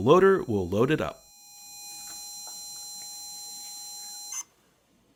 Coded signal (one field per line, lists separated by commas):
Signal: ZX Spectrum tape loading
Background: speech